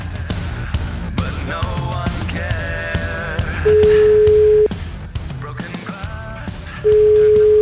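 Two long, steady, mid-pitched ringback tones of an outgoing phone call placed on air by the Radio 24 show La Zanzara to a beautician sound loudly, each about a second, following a busy stretch of music and voices.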